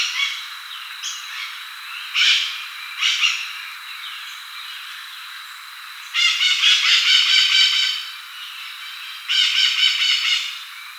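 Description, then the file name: Bird calls: short harsh notes near two and three seconds, then two long buzzy, rattling bursts of high chatter over a steady faint hiss. "SABIOD 50 bird 2015"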